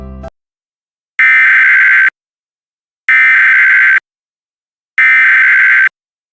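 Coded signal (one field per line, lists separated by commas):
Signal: Emergency Alert System (SAME) tones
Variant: header bursts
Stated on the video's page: Fictional EAS tones in an audio drama scenario.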